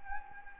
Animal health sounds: mosquito wingbeat signal from an infrared sensor; Anopheles arabiensis

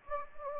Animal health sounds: mosquito wingbeat signal from an infrared sensor; Anopheles gambiae

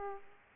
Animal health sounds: mosquito wingbeat signal from an infrared sensor; Aedes aegypti

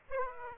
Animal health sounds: mosquito wingbeat signal from an infrared sensor; Aedes aegypti

